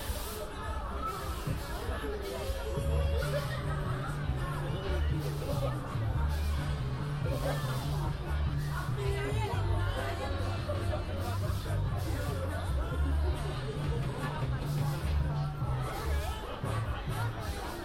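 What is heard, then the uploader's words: A walk through a busy park toward a winter carnival, with a dense, steady murmur of crowd chatter and voices throughout. A low droning hum, likely fairground machinery or music, pulses underneath from about three seconds on, holding fairly even in loudness. A binaural field recording in Hyde Park, walking from just outside the Serpentine to the winter carnival.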